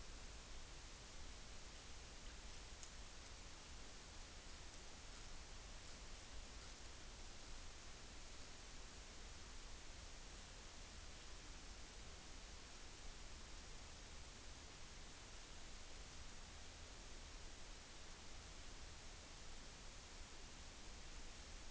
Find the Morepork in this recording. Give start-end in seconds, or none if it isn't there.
none